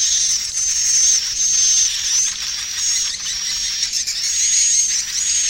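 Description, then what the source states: Swiftlet twittering, a steady high wash of chirps with thin whistled tones. Swiftlet farming sound, Asia.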